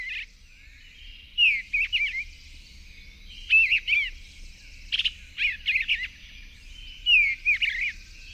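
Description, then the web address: Eastern bluebird song: short, soft warbled phrases of a few rising and falling notes, given in bursts about every one to two seconds with brief pauses between. "Songs of Birds of North America Know Your Bird Sounds. Eastern Bluebird"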